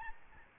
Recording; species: mosquito wingbeat signal from an infrared sensor; Aedes albopictus